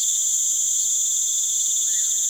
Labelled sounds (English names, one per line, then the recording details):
none
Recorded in pastures near Puerto Asís, Putumayo, Colombia, on 29 June 2025 at 19:00
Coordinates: 0.486, -76.323
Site H29